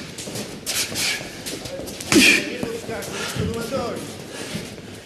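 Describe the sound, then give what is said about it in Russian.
Punches and kicks land during a training drill in an irregular sequence of dull thumps and whooshing swipes, one sharp, loud strike standing out midway, with faint voices murmuring underneath. “отрабатывает удары кулаками и ногами.”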